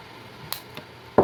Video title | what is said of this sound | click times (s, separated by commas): How To Replace Key Fob Battery Toyota RAV4 | you hear the sounds click now check quickly | 0.5 s, 1.2 s